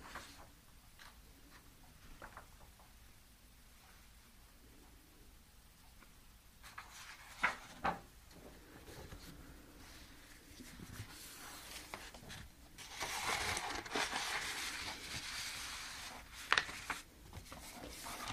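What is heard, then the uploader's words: Soft paper rustles and handling of cash fill the clip, with scattered light clicks throughout. Sharper taps stand out near 7.5 and 16.5 seconds, and a denser, brighter rustling swells from about 13 to 15 seconds over a low, steady murmur. Clicks and rustles of cash, gentle keyboard taps and paper sounds.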